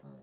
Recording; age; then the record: pig call; piglet (1 to 25 days)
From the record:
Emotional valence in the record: negative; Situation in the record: short isolation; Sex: female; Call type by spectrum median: low-frequency call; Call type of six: low-frequency stable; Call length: 0.22 s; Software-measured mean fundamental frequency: 50 Hz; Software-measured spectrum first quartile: 174 Hz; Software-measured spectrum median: 271 Hz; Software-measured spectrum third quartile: 636 Hz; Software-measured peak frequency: 206 Hz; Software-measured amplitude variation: 89 dB a second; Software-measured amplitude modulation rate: 22.3 a second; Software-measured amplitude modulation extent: 4.0 dB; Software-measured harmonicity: 1.9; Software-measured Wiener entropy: 0.27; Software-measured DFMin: 1219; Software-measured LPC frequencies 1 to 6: 3990, 5660, 6585, 7835, 9452, 10544 Hz